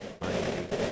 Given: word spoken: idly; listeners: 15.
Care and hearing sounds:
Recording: one English word in noise, from a listening test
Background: noise modulated by three-talker babble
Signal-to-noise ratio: -6.6 dB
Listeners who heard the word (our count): 0 of 15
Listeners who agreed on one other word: 6 of 15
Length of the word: 0.52 s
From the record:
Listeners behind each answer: 6, 3, 1, 1, 1, 1, 1, 1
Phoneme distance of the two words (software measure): 37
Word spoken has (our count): 2 syllables, 4 phonemes, stress on syllable 1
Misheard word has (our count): 2 syllables, 5 phonemes, stress on syllable 1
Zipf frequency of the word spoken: 2.50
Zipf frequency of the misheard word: 4.71

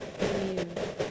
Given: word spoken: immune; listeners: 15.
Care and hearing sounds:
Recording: one English word in noise, from a listening test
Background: noise modulated by three-talker babble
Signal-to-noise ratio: -4.0 dB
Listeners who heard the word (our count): 0 of 15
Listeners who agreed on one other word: 6 of 15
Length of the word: 0.71 s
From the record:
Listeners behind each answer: 6, 3, 2, 1, 1, 1, 1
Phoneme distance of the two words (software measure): 24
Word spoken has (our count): 2 syllables, 5 phonemes, stress on syllable 2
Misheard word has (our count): 1 syllable, 3 phonemes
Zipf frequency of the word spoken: 3.62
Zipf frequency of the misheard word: 5.98

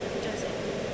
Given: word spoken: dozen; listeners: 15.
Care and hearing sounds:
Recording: one English word in noise, from a listening test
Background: speech-shaped noise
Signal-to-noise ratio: -6.1 dB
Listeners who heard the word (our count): 4 of 15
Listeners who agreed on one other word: 7 of 15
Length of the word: 0.54 s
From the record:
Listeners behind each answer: 7, 4, 2, 1, 1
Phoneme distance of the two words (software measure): 7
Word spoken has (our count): 2 syllables, 4 phonemes, stress on syllable 1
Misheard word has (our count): 2 syllables, 5 phonemes, stress on syllable 1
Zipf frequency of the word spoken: 4.10

